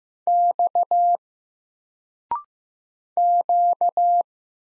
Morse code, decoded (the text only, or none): X Q